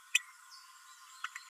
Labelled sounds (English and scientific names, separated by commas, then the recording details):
Green-rumped Parrotlet (Forpus passerinus) babbling
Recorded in a nest box in Venezuela
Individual 18B12A3